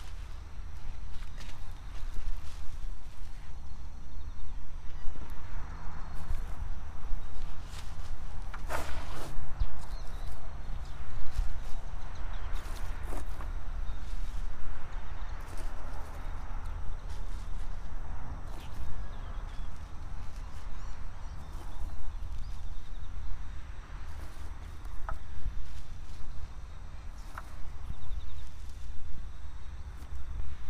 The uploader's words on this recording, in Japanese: 秋の、日が暮れ始めた16時過ぎ、ニンニクの定植。穴あきマルチに棒で穴を開け、1片ずつニンニクを入れたあと、土をかけていく。秋の夕方 ニンニクの定植。